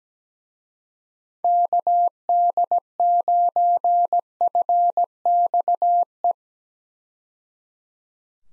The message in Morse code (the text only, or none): KD9FXE